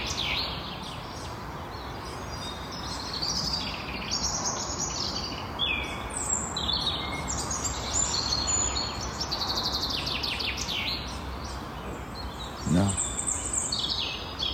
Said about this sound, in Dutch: Zij hoorde vink en koekoek aan de rand van het Munnichbos bij Sint Odiliënberg.